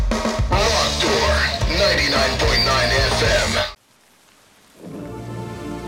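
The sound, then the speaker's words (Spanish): Steady, hissing rainfall mixed with music-like tones, then a second of silence before a softer wash of falling rain returns. “Suerte, ya vuelve a llover.”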